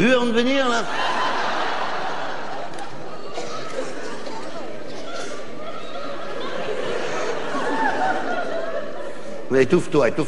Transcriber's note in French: rire